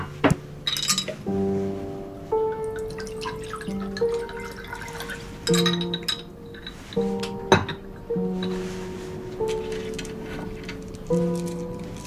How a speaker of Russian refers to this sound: Наливает стакан воды.